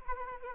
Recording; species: mosquito wingbeat signal from an infrared sensor; Anopheles arabiensis